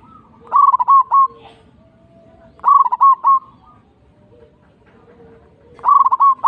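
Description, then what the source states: Zebra dove song: bubbling coo phrases of rapid pulsed notes ending in a longer tone, given three times. Local bird.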